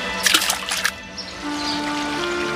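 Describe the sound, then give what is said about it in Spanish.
A few quick splashes as a man throws a bunch of mice off a bridge into a river, in close succession, then give way to a steady, gentle trickle of flowing river water with a low hum underneath. “Se rió y los lanzó al río.”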